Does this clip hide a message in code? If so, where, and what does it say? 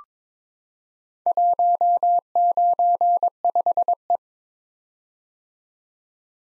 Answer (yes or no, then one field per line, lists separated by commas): yes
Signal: Morse code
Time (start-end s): 1.3-4.2 s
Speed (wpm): 22 wpm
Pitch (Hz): 700 Hz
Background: none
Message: 195E